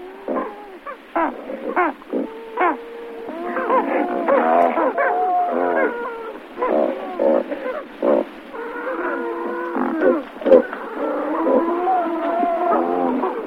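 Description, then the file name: Great white pelican calls, a dense chorus of grunting, moaning notes from several birds, overlapping throughout. "Pelecanus onocrotalus White Pelican"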